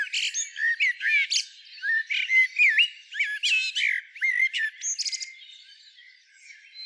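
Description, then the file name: Common blackbird with an almost continuous run of whistled slurs, sharp chirps and squeaky notes, fading out toward the end. "Turdus merula"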